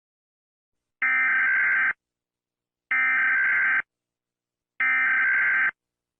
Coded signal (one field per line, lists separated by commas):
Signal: Emergency Alert System (SAME) tones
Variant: header bursts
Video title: EAS Scenario 1: Slender man’s rampage (LEGACY)